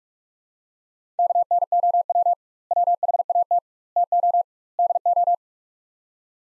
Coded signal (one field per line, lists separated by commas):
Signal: Morse code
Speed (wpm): 42 wpm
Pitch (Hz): 700 Hz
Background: none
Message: KNOW WHAT TO DO